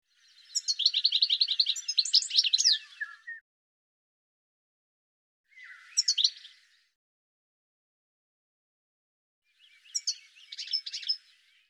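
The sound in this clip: Bird chirping in three bursts: a long rapid run of high sharp notes, then two shorter clusters, separated by silent gaps of several seconds.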